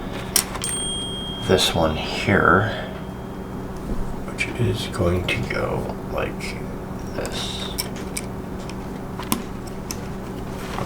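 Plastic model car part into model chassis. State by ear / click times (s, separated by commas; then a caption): seated / 9.3 s. A plastic part of a 1:8 scale DeLorean model kit is pressed onto the model chassis piece while someone talks. After handling noises, a sharp snap at 9.3 seconds marks the part seating into place.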